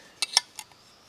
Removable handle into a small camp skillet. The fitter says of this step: Simply place it on here. You'll actually hear it lock in place.